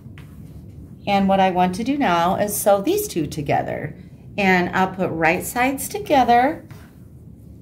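Someone talks while handling two finished fabric bag panels, each fitted with one half of a magnetic snap closure, getting ready to put them right sides together. The magnetic snap halves have not snapped together yet. The talking is heard over a quiet background, with a brief faint tick near the start.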